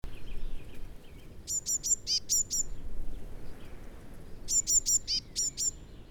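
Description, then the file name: Eurasian blue tit giving two quick runs of sharp, high-pitched chattering notes a few seconds apart over a low background rumble. "Cyanistes caeruleus"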